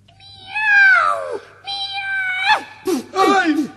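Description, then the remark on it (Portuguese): A cat meows several times: two long, high, drawn-out cries that slide downward in pitch, followed by a quick run of shorter, wavering meows, fairly loud over a faint low hum, as a burglar strikes a match right at its eyes by the stove in the dark. “Miau! Miau!”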